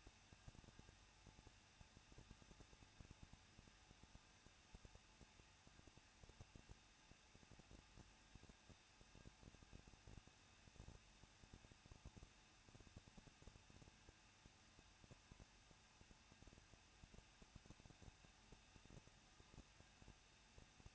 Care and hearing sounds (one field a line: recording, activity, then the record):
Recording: daily activity, microphone in the room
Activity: no activity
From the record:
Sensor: 2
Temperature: 21.0 degrees Celsius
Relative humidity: 37.3%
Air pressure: 1006.4 hPa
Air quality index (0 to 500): 220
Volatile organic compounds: 23 ppm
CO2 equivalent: 2778 ppm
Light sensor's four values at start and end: 2/3/2/2 and 2/3/2/2